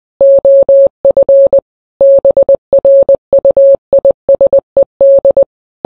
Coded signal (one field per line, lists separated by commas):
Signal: Morse code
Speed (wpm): 20 wpm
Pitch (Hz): 550 Hz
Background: none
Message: OF BRUISED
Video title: morse code message from high command